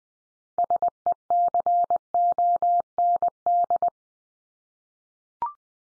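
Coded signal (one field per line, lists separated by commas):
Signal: Morse code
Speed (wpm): 20 wpm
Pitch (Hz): 700 Hz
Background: none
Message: SECOND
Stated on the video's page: Computer-generated Morse head-copy drill of the 500 most common English words at 20 wpm, each word sent three times, then spoken, then sent again.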